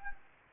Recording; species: mosquito wingbeat signal from an infrared sensor; Anopheles gambiae